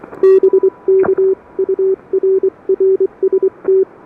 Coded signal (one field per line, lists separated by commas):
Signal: Morse code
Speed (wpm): 24 wpm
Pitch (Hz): 380 Hz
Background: none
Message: BK UR RST